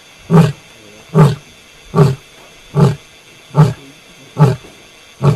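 Lion grunting roars: seven deep, short, evenly spaced grunts, a little faster than one a second, with near silence between.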